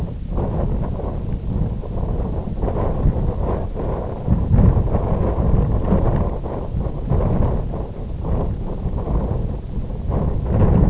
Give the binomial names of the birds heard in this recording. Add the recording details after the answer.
none. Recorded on Arctic tundra, site IGLO-F, on 19 June 2018. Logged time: 00:00